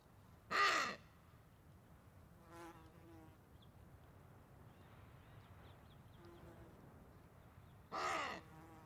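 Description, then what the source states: Wattled ibis giving two loud, harsh, raucous calls about seven seconds apart, with fainter calls and soft high chirps in between. Small group of wattled ibises feeding on crags on the Sanetti Plateau.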